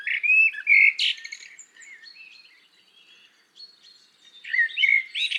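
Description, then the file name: Common blackbird song: a warbled fluting phrase with a sharp high squeak, a quiet scratchy middle, then another mellow whistled phrase at the end. "Turdus merula"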